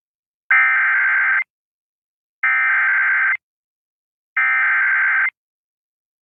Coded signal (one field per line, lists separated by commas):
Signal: Emergency Alert System (SAME) tones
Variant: header bursts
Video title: EAS # 1036-1074: Marginally Enducive II: Memorial Day Week Alerts (EAS Alerts from 5/30-6/1/22)